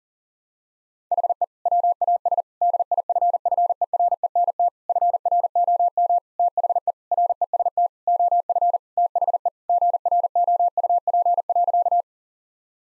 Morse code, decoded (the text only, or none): HE WAS DIFFERENT FROM THE REST OF THE GROUP.